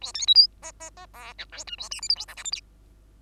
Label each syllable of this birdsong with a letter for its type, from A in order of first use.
A B C D E E E F G H I A J K L M N O P Q